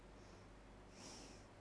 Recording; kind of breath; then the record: one breath in and out by a microphone near the nose and mouth; normal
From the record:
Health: marked as sick, illness not named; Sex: female